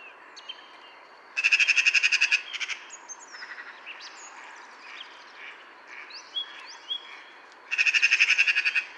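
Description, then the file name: Eurasian magpie chattering, a harsh rapid rattle lasting about a second, repeated once after a pause, with thin whistles between. "Pica pica"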